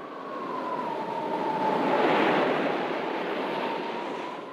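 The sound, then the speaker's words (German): Sea surf at a coastal town near Whitby washes in a broad, steady hiss that swells to a peak midway and slowly recedes, with a faint sustained tone running underneath; no voices. “Zum ersten Mal hat er den Geruch des Meeres in der Nase.”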